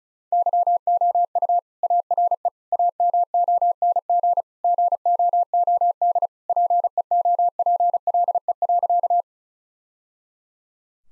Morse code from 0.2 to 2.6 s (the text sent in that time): YOU ARE